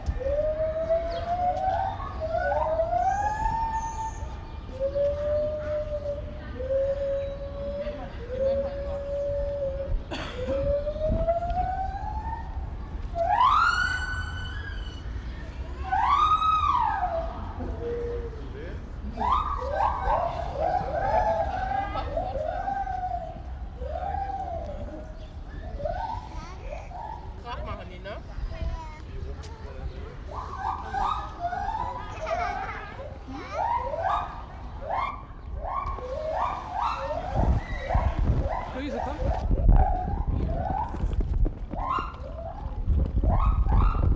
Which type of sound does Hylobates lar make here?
call